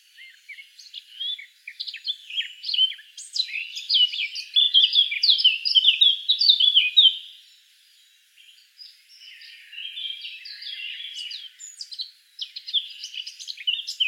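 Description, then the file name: Eurasian blackcap song, a long run of chattering and fluty warbling notes that builds in loudness, breaks briefly, then continues more quietly. "Sylvia atricapilla"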